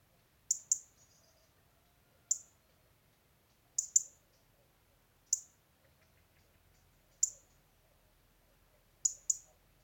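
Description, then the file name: European robin with emphatic high tick notes, several delivered as quick doubles, separated by pauses of one to two seconds. "Erithacus rubecula"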